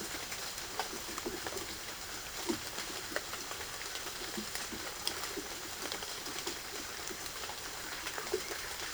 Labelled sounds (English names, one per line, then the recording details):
none
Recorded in secondary vegetation near Puerto Asís, Putumayo, Colombia, on 12 March 2025 at 08:00
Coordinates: 0.488, -76.319
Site G095